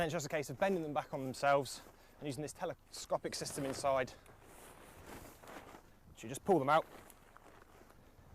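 Someone talks while the telescopic pole sections in the corners of an instant tent's frame are bent back on themselves and pulled out, with a few faint sharp ticks near the end. Nothing has locked or clicked into place yet.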